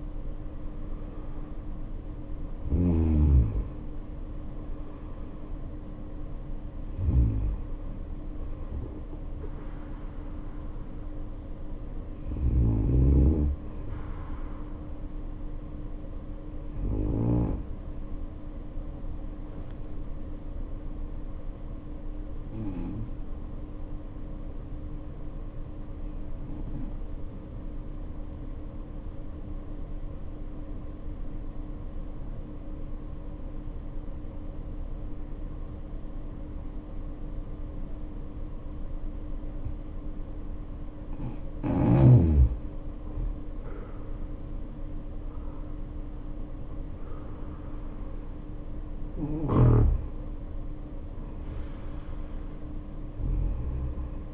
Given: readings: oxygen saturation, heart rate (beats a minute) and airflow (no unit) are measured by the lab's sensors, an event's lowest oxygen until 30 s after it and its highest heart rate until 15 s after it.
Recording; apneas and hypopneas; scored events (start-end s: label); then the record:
breathing in sleep by a smartphone at the bedside; 1
20.00-42.50 s: hypopnea (N2, oxygen 95% highest, then 79% lowest, heart rate 56 at the start, 72 highest)
From the record:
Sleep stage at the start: N2 (light sleep); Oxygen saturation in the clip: 76 to 95%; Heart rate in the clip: 52 to 77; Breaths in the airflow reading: 8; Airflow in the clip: -7.6 to 7.7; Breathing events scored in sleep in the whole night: 520 in 7.2 hours asleep